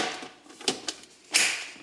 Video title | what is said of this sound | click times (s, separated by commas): SHOE CLOSET ORGANIZING / Affordable Shoe Storage Solution / Eve Pavlova | and you're gonna hear a clicking sound | 0.7 s, 0.9 s